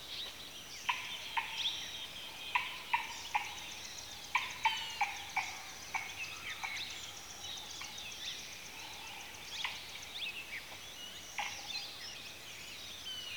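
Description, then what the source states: Birds calling, a busy mix of sharp high chirps and short notes overlapping, with louder clicks and calls coming in quick bursts over a steady background hiss. Birds at a watering hole in the afternoon.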